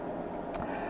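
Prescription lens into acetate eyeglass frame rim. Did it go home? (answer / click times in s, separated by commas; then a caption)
yes / 0.5 s. A prescription Zeiss PhotoFusion Gray lens with chrome anti-glare coating is tucked into the outside corner of an Italian acetate eyeglass frame rim and pressed down at the nose with the thumbs. Over a steady low background hiss, a sharp bright snap is heard at 0.5 seconds, followed by a softer tick at 0.6 seconds. The lens snaps into the frame and is seated.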